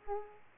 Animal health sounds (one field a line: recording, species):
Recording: mosquito wingbeat signal from an infrared sensor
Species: Aedes aegypti